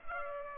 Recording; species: mosquito wingbeat signal from an infrared sensor; Culex pipiens